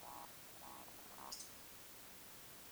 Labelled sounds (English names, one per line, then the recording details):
Eurasian Woodcock whistle
Eurasian Woodcock croak
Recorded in Baden-Württemberg, Germany, on 21 June 2020 at 02:23 UTC
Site 49006, 684 m above sea level